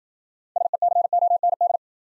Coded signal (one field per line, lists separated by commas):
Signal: Morse code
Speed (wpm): 52 wpm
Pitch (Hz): 700 Hz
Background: none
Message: SECOND